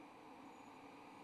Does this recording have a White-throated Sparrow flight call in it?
no